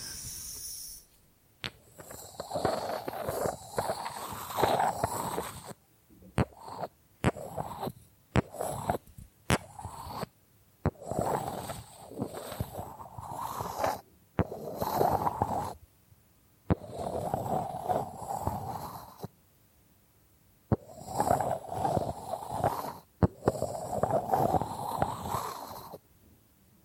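Bamboo being scratched and brushed in rough, rasping bursts a few seconds long, separated by short silences. Sharp single taps cut in between, around seven, nine, eleven, sixteen and twenty-three seconds. The brushing is dense and grainy, mostly mid-pitched with a hissy top.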